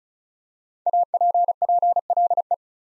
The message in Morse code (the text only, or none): APPLE